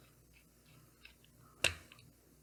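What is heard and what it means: During reassembly of a TwoSun TS384 Tepe Design folding knife, which has a 3.45" M390 blade and flat Ti scales, a driver bit slips out of a handle screw head again. A few faint ticks lead up to a loud, sharp metallic snap at 1.7 s as the driver cams out. The screw head is left stripped.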